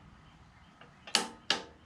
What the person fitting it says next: right so you heard it click